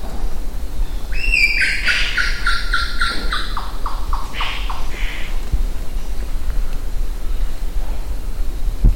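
Foerster's melidectes giving a loud series of harsh, nasal notes that step downward in pitch over about four seconds, followed by quieter background with low rumble.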